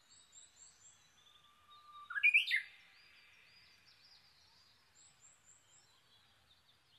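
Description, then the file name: Japanese bush warbler singing one phrase, a brief held whistle that breaks into a sharp, rising ending, with faint high twittering of other birds around it. Recorded 22 May 2011 at 05:43, early morning. "uguisu-20110522-0543"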